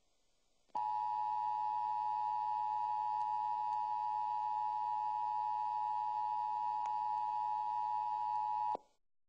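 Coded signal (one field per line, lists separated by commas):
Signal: Emergency Alert System (SAME) tones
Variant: 853 and 960 Hz attention tone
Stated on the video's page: Fake EAS break-in simulating a nuclear attack.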